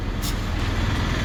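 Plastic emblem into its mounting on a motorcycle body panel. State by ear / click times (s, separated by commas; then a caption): not seated / none. A plastic RX 135 emblem of the locking type is being pressed toward its mounting on a restored motorcycle body panel over a steady low rumble, with a brief bright hiss around 0.2–0.3 s. Nothing has seated or clicked yet.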